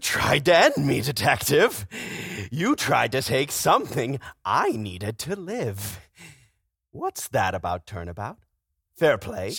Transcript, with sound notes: You - you tried to end me, detective. You tried to take something I needed to live. [DEEP BREATH] What's that about turnabout? Fair play?